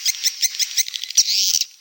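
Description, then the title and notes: Swiftlet chirping calls, a dense run of high, rapid twittering chirps overlapping one another, ending in a longer buzzy trill. Farmed swiftlets in Asia; sound used for swiftlet farming. "Farming Swiflet Bird asia"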